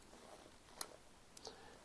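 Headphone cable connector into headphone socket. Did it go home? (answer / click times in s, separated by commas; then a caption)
yes / 0.8 s. A replaceable headphone cable connector is pushed into its headphone socket and snaps in place with a sharp, bright click at 0.8 s, making a good connection. Two fainter ticks follow at about 1.4 s and 1.5 s over a quiet hiss.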